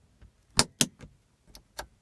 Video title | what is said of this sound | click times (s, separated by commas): 2010 Mazda 3 - How to replace the dome light assembly & sunroof switches | so yeah it is securely snapped back in place with | 0.6 s, 0.8 s